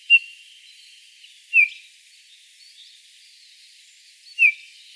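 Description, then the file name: Eurasian bullfinch calls: three clear, downslurred piping whistles at irregular intervals, with faint birdsong behind. "Pyrrhula pyrrhula"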